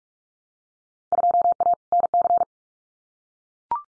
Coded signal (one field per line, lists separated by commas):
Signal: Morse code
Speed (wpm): 44 wpm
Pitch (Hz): 700 Hz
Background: none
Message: 2A NC